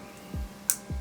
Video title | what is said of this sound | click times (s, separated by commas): How to change Coil Packs on a Nissan RB series Engine | but uh let me push down you hear that click to release it okay | 0.7 s